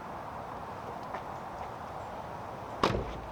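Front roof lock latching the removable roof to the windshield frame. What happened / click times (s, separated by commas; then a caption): The roof latch snapped shut / 2.8 s. A front roof lock on a MINI Cooper converted to a truck/ute is closed by hand, latching the removable hardtop roof to the windshield frame. A steady low background hiss runs throughout, then a single sharp latch hit lands at 2.8 s. The roof is seated and locked back on.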